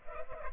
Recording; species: mosquito wingbeat signal from an infrared sensor; Culex pipiens